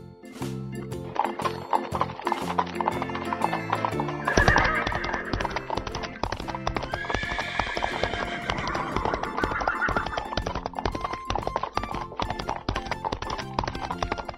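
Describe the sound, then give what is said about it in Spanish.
Horse hooves clip-clop in a steady, continuous rhythm while a horse lets out loud, shrill whinnies partway through, with a long drawn-out neigh in the middle. “hoy entraremos al mundo de los caballos, donde la tolerancia y amabilidad con la naturaleza son esenciales para tener un buen desempeño.”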